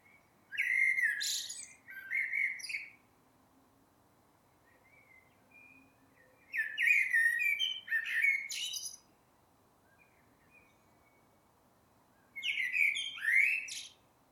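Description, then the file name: Eurasian blackbird song: three bursts of mellow fluted warbling with squeaky high notes, separated by quiet gaps with a few soft notes. "Turdus merula"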